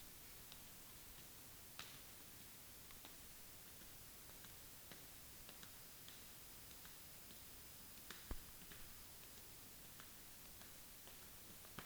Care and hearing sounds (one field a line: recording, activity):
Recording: daily activity, guitar pickup as the sensor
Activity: walk